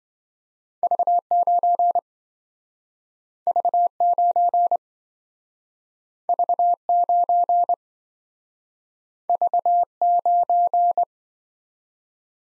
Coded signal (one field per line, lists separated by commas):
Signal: Morse code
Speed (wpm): 25 wpm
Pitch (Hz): 700 Hz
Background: none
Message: V9 V9 V9 V9